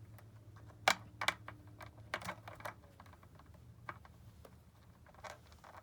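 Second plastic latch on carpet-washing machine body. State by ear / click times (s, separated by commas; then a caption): seated / 0.9 s. A second plastic latch on the body of an İhlas Aura Cleanmax carpet-washing machine is pushed into place and snaps locked with a sharp click at 0.9 s. Several quieter clicks and taps follow over a low steady hum. The latch is seated and locked.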